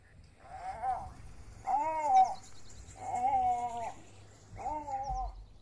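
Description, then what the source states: Iberian lynx giving four drawn-out, harmonic, mewing calls, each under a second long, with a faint low hum beneath. Listed in the Red Book of Iberian fauna.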